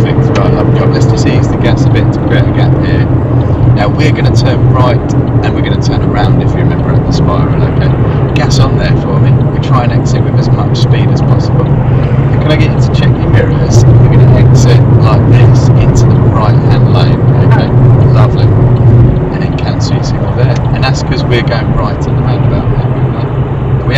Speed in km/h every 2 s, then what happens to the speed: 87, 82, 76, 68, 66, 68, 71, 72, 72, 71, 64, 58.
0-7 slows to 66. 17-24 slows to 58.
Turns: none.